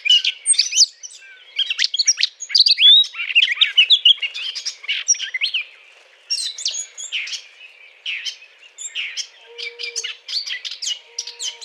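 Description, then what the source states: Eurasian blackcap song, a rapid chattering warble of mixed high notes in bursts, with a brief pause midway and a soft low tone near the end. Courtship song.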